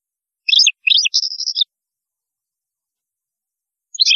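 European goldfinch song: a rapid run of tinkling chirps that flows into a buzzy, sustained trill, then a pause and a last twittering burst.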